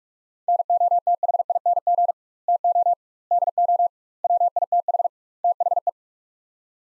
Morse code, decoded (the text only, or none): NOTHING TO DO WITH THE